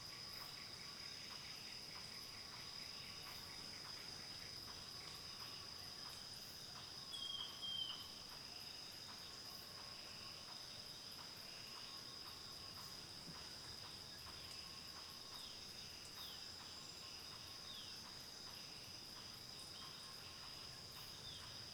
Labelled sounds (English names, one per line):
Green Hylia